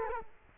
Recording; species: mosquito wingbeat signal from an infrared sensor; Culex quinquefasciatus